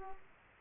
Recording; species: mosquito wingbeat signal from an infrared sensor; Aedes aegypti